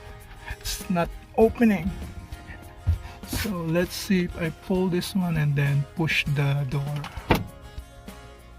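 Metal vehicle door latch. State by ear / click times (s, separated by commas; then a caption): released / 7.3 s. From inside a Toyota 4Runner SUV, someone talks while pulling a paracord rigged to the rear hatch latch mechanism and pushing on the door. A sharp click is heard at 7.3 s as the latch releases and the hatch opens.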